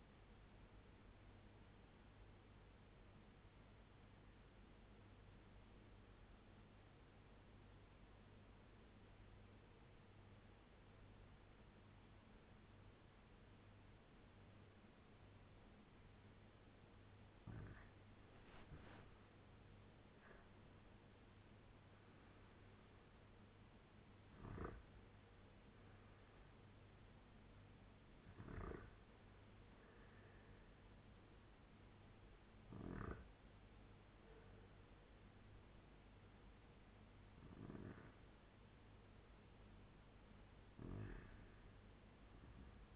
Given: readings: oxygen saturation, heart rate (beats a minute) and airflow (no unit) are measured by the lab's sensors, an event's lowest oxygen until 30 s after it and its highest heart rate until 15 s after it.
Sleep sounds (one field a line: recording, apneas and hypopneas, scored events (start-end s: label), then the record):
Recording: breathing in sleep by a voice recorder at the bedside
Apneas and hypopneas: 1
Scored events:
3.00-17.90 s: obstructive apnea (REM, oxygen 85% highest, then 80% lowest)
5.00-42.96 s: new sleep stage, N1 (lightest sleep)
From the record:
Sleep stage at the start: REM sleep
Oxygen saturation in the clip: 80 to 91%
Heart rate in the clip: 86 to 93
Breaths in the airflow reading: 6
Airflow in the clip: -10.3 to 7.1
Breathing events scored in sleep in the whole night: 201 in 6.5 hours asleep